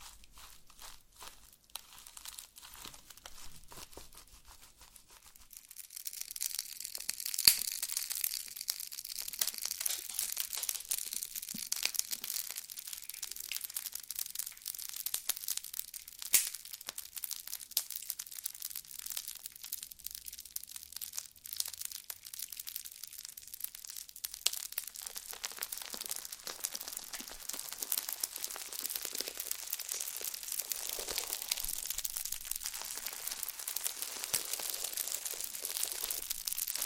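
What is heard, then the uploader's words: Slime being squeezed and worked makes a dense stream of wet crackles, pops and crinkles, mostly bright and hissy. The first five seconds are quieter and sparser, then the crackling thickens and holds steady to the end, with occasional sharper snaps standing out. ASMR SLIME No Talking Satisfying slime Sounds.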